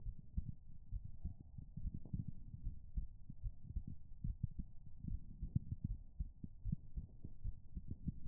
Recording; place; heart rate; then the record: heart sounds by stethoscope; pulmonary valve (PV); 73 bpm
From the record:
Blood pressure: 101/65 mmHg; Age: 28 years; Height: 161 cm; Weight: 56 kg